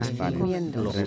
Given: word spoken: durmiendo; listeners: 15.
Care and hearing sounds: one Spanish word in noise, from a listening test; four-talker babble; -1.1 dB; 1 of 15; 9 of 15; 0.67 s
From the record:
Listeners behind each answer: 9, 1, 1, 1, 1, 1, 1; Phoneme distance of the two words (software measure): 27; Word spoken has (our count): 3 syllables, 9 phonemes, stress on syllable 2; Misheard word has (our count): 3 syllables, 8 phonemes, stress on syllable 2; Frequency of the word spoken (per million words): 8.14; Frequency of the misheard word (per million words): 8.56

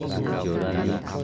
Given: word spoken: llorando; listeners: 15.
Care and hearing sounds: one Spanish word in noise, from a listening test; eight-talker babble; -3.3 dB; 0 of 15; 6 of 15; 0.84 s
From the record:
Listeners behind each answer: 6, 1, 1, 1, 1, 1, 1, 1, 1, 1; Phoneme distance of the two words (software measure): 24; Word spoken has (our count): 3 syllables, 7 phonemes, stress on syllable 2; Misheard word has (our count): 2 syllables, 5 phonemes, stress on syllable 2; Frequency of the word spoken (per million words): 13.43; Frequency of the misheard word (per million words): 28.21

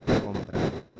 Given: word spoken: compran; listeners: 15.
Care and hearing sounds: one Spanish word in noise, from a listening test; noise modulated by one talker; -7.8 dB; 0 of 15; 8 of 15; 0.60 s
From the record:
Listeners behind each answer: 8, 5, 1, 1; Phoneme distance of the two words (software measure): 7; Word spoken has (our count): 2 syllables, 7 phonemes, stress on syllable 1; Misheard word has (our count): 2 syllables, 6 phonemes, stress on syllable 1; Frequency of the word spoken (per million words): 5.44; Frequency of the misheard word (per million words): 50.72

